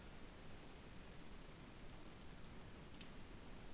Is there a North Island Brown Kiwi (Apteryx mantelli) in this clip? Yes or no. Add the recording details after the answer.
no. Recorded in New Zealand on 7 January 2015. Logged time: 23:58. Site BX23